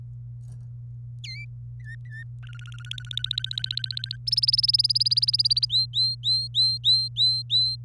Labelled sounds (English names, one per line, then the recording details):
Domestic Canary song
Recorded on 26 April 2018 at 16:38
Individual llb3